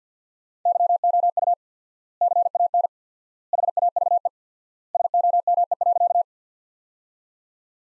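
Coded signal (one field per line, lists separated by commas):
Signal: Morse code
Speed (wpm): 50 wpm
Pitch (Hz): 700 Hz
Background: none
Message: YOU CAN HAVE SOME.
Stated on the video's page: Practice sentences built from the top 100 words, sent at 50 wpm with 4x standard word spacing, a word-level Farnsworth-style approach.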